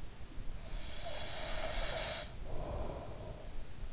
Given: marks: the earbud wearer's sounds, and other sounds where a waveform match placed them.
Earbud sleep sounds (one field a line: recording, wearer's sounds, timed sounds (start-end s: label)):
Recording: sounds in sleep by an in-ear microphone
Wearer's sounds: breath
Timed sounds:
0.69-3.61 s: breath